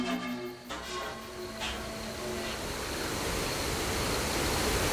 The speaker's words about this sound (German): Wir kamen zu den berüchtigten Katarakten. Der Fluss war voller Felsen. Das Wasser schäumte so stark, dass es zu kochen schien.